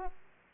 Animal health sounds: mosquito wingbeat signal from an infrared sensor; Aedes aegypti

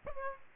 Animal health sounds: mosquito wingbeat signal from an infrared sensor; Aedes aegypti

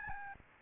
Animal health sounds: mosquito wingbeat signal from an infrared sensor; Aedes albopictus

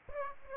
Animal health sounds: mosquito wingbeat signal from an infrared sensor; Aedes aegypti

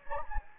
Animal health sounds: mosquito wingbeat signal from an infrared sensor; Anopheles gambiae

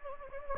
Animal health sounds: mosquito wingbeat signal from an infrared sensor; Anopheles gambiae

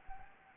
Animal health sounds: mosquito wingbeat signal from an infrared sensor; Anopheles gambiae

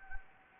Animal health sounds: mosquito wingbeat signal from an infrared sensor; Anopheles gambiae

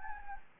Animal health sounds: mosquito wingbeat signal from an infrared sensor; Anopheles gambiae

